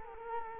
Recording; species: mosquito wingbeat signal from an infrared sensor; Culex quinquefasciatus